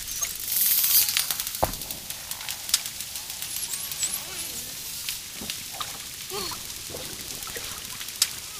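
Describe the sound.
Dolphin clicks crackle steadily, with several high, curling whistles and a loud buzzy burst near the start.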